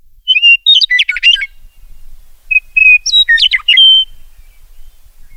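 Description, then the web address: Meadowlark singing two phrases, each starting with a clear held whistle that breaks into a rapid tumble of gurgling, sliding notes. "meadowlark daniel simion"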